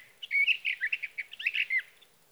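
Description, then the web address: Sage thrasher song, a quick jumble of warbled and buzzy slurred notes lasting under two seconds. "birdsongforthecurious Sage Thrasher"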